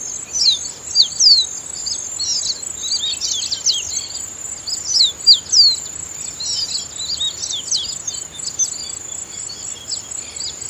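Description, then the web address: Copper seedeater calling with sharp, high descending chips and brief twittered clusters at uneven intervals, with a continuous shrill tone underneath. "Copper seedeater. صدای-پرنده-دانه-خوار-مسی"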